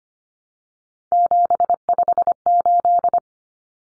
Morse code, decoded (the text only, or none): 758